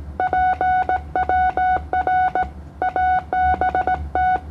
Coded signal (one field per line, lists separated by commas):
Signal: Morse code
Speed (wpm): 17 wpm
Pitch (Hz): 740 Hz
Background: none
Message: PWR ABT